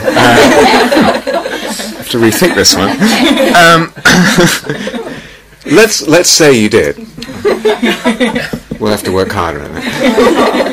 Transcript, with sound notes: I have to rethink this one. [laughter] Let's say you did. We'll have to work harder on it.